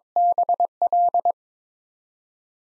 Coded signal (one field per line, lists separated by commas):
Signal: Morse code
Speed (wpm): 22 wpm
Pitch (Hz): 700 Hz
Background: none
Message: BL